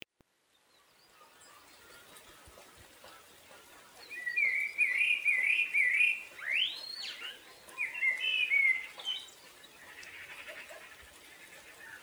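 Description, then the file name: Common blackbird song: a few seconds of varied warbled and twittering phrases with a rising sweep, after a quiet start, over faint background hiss. Recorded at 6:13 on 19 March 2010. "Melro 6 h 13 19 Mar 2010"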